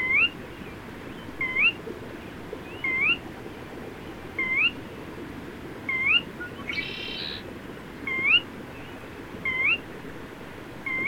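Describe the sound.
Bird repeating a brief rising whistle every second or so, with a short rushing noise midway.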